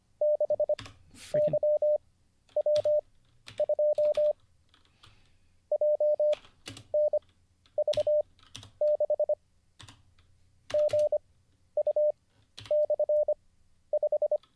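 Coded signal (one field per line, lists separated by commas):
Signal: Morse code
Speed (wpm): 25 wpm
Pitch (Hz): 600 Hz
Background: none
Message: 6YW2 JNV6 GU/5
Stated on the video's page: Livestreamed Morse code (CW) learning lesson.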